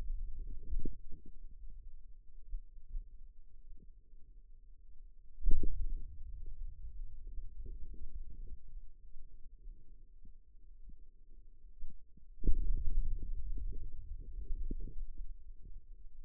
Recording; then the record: forearm muscle sounds (acoustic myography)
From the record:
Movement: hand opening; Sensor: system 2, bracelet of six BSWA MPA416 microphones around the upper forearm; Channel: 5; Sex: male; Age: 22 years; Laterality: right